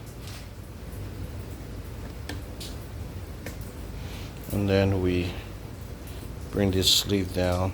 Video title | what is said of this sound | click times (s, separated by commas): Vevor 1 x 30 Belt Grinder - Perfect for Beginner Knife Maker? | And it's pretty simple little click. | 2.3 s